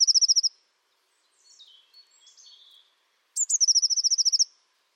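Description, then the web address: Bird song: the end of a fast high-pitched trill of repeated notes, a few soft warbled notes, then a sharp upward note and the trill again. "Deverinetal 2025. Bird Only"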